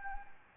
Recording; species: mosquito wingbeat signal from an infrared sensor; Anopheles gambiae